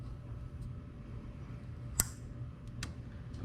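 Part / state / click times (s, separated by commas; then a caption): wiring harness connector onto ignition coil / seated / 2.0 s. A plastic wiring harness connector is pushed back onto an ignition coil on a Raptor after its spark plug was replaced, and it latches with a sharp click at 2.0 s. A softer tick follows at about 2.8 s over a low background hum, and the connector is seated.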